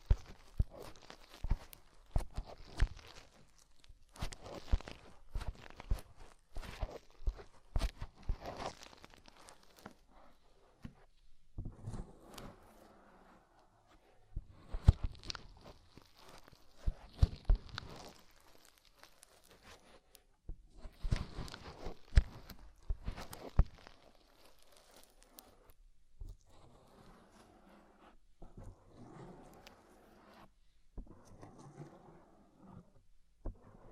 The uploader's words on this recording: ASMR INTENSE Deep Ear Cleaning (No Talking).